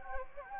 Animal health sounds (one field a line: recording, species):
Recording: mosquito wingbeat signal from an infrared sensor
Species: Anopheles gambiae